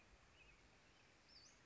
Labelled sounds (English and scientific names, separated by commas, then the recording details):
Western Flycatcher (Empidonax difficilis)
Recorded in Sonoma County, California